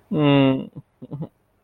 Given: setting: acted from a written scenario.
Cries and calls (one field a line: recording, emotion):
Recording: vocal sound without words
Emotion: distress